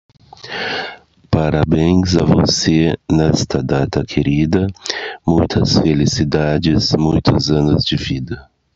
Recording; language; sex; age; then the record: short text; Brazilian Portuguese; male; 50 to 59 years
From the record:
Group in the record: control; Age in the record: 54 years